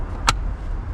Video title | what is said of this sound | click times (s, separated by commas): 🔥 Taking Delivery of C8 Corvette Z06 70th Z07 FIRST from this Chevrolet Dealership NEW 3LZ 💗 Part 2 | lock into place | 0.3 s